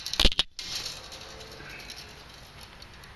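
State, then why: Seated. A fishing rod is pushed into a holder slot on a homemade rod rack, making a few quick rattling knocks before it clicks into place at 0.4 s. It seats and stays put, followed by quiet background hiss.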